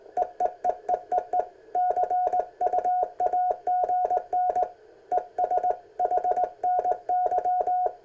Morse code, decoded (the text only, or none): EEEEEE CUAGN ES HNY